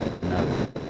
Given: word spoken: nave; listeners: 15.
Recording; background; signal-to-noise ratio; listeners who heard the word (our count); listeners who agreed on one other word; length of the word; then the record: one Spanish word in noise, from a listening test; noise modulated by three-talker babble; -3.1 dB; 0 of 15; 9 of 15; 0.50 s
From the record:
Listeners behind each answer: 9, 2, 1, 1, 1, 1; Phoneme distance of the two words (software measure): 20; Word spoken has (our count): 2 syllables, 4 phonemes, stress on syllable 1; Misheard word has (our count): 2 syllables, 4 phonemes, stress on syllable 1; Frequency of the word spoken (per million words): 21.02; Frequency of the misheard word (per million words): 631.49